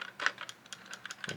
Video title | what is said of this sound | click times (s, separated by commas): Reset Instructions Steps 1 to 10 for To The Moon Puzzle Box by Leisure Luke | like that and then it uh shouldn't pop back out | 0.3 s